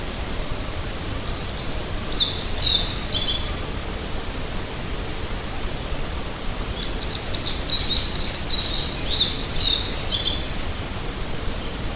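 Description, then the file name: Meadow bunting song: two bright, high, quick twittering phrases of sharp chirps and short trills, over a constant soft hiss. "hojiro"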